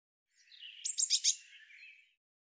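Eurasian blue tit giving a buzzy, harsh chatter of about four loud pulses over a softer rasping note, lasting under two seconds, with no other sounds.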